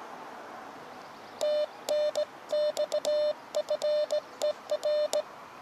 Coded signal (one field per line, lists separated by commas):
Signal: Morse code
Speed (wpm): 20 wpm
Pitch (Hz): 600 Hz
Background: none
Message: TNX FER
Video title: Live Portable QRP Today! Elecraft KX2 Random Wire Antenna